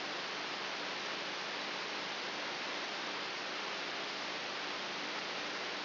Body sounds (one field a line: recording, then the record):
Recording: brain microelectrode recording played as sound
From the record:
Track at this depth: inside the subthalamic nucleus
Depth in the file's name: 1.84 mm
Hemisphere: right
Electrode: 3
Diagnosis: Parkinson's disease